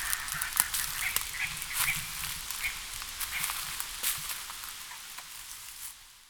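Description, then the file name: Oriental dollarbird giving harsh, rasping chatter notes, irregularly repeated about two to three times a second over a steady hiss, fading slightly toward the end. "buppousou"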